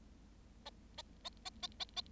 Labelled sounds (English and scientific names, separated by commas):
Bengalese Finch (Lonchura striata domestica) song